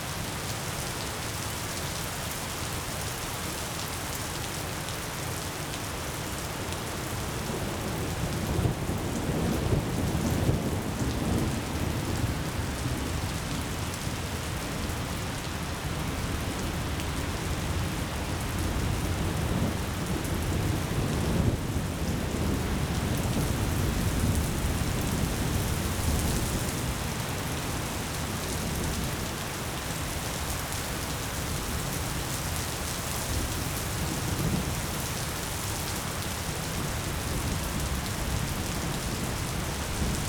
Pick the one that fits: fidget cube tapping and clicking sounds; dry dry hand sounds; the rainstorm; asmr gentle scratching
the rainstorm